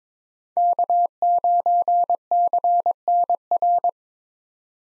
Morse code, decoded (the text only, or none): K9CNR